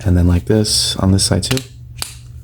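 Someone talks while folding the plastic leg of a Transformers Studio Series Bumblebee movie concept art Megatron action figure back in on the second side during transformation. At 2.0 s a single sharp click is heard as the leg seats into the hip joint.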